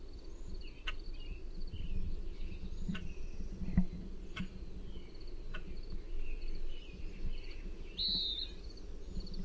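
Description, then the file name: Western wood-pewee giving a lone peeer late, amid sparse faint bird chirps, clicks and a persistent low hum. Call type given as peeer. "WEWP peeer"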